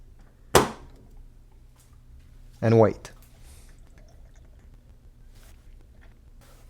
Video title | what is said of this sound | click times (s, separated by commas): Full Setup of the HP Smart Tank 5101 Printer (Install Ink, Print Heads, Connect, Print and Scan) | remove the cap and put it upside down until it clicks | 0.6 s